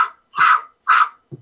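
An adult imitates the dry cough of a dog or cat: two harsh, dry cough bursts that do not bring anything up, one of the cough types seen in dogs and cats.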